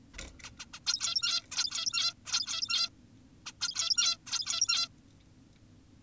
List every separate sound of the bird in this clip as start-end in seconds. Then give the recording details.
0.14-0.18, 0.44-0.51, 0.59-0.66, 0.74-0.80, 0.87-1.43, 1.52-2.14, 2.26-2.90, 3.46-3.52, 3.61-4.18, 4.27-4.88. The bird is an adult. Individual g17y2U